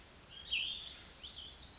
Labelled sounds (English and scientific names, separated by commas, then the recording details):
Cassin's Vireo (Vireo cassinii)
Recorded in Sonoma County, California